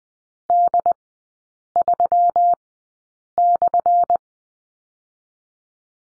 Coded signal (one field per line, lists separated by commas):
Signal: Morse code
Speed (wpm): 20 wpm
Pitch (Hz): 700 Hz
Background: none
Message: D3/